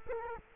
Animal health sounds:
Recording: mosquito wingbeat signal from an infrared sensor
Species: Culex quinquefasciatus

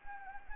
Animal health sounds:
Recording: mosquito wingbeat signal from an infrared sensor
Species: Anopheles arabiensis

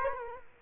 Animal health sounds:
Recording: mosquito wingbeat signal from an infrared sensor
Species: Culex quinquefasciatus

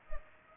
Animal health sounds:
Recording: mosquito wingbeat signal from an infrared sensor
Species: Culex pipiens

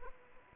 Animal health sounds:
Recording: mosquito wingbeat signal from an infrared sensor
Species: Aedes aegypti

